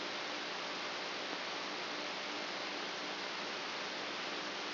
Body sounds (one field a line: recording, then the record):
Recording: brain microelectrode recording played as sound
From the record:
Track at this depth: outside the subthalamic nucleus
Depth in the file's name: 9.029 mm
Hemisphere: left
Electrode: 2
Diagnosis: Parkinson's disease